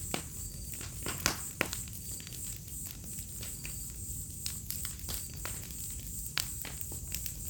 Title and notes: Fogueira, grilos e estalar do fogo - Bonfire, crickets, firecrackling. Ouça ao estalar do fogo e uma sinfonia de grilos em uma noite de outono. Vila em meio a Mata Atlântica